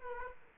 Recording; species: mosquito wingbeat signal from an infrared sensor; Aedes aegypti